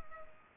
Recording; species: mosquito wingbeat signal from an infrared sensor; Culex pipiens